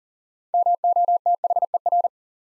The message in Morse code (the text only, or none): MOTHER